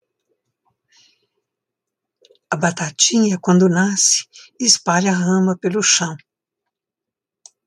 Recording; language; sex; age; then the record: short text; Brazilian Portuguese; female; 70 to 79 years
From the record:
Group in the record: control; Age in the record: 75 years